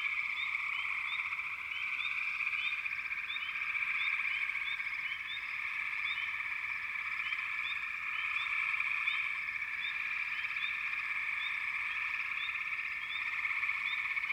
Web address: Sleep Sounds of Nature FROGS Frog Chourus